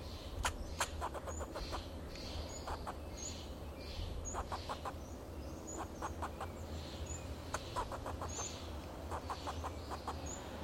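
Fox squirrel calling in short clustered bursts of rapid clucks, every second or two, with soft high chirps and a low background hum.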